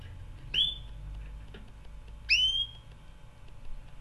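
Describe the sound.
Canary uttering two loud upslurred whistles, the second longer and sliding upward, over a low steady hum.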